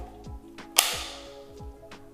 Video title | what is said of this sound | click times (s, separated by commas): ПИЛОСОСИ KEDA АВТОМОБІЛЬНІ | Він дуже легко треба натиснути на цю ручку відкриваєте до щелчка | 0.8 s